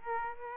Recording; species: mosquito wingbeat signal from an infrared sensor; Aedes aegypti